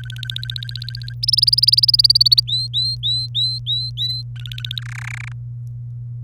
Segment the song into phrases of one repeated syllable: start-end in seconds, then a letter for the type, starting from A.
0.00-1.13 A, 1.23-2.40 B, 2.48-4.22 C, 4.36-4.81 A, 4.82-5.32 D